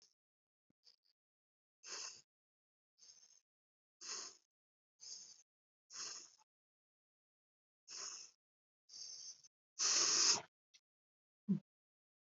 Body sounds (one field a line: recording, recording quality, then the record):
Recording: deep breathing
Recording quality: excellent, no background noise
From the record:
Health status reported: exposed to COVID-19, no respiratory illness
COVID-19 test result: not tested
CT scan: not taken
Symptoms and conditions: cough, cold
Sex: female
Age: 49 years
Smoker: no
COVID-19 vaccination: both doses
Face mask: not worn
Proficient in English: no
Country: India